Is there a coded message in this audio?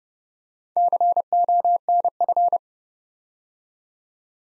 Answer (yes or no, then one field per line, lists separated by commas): yes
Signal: Morse code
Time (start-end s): 0.8-2.6 s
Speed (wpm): 30 wpm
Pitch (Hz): 700 Hz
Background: none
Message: CONF